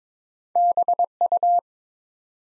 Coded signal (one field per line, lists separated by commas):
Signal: Morse code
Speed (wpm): 22 wpm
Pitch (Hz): 700 Hz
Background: none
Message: BU